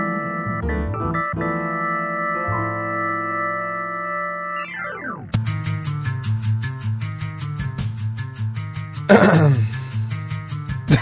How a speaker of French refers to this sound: Il me fait ça chaque semaine. Il attend que j'ouvre son micro pour se racler ça bien comme il faut.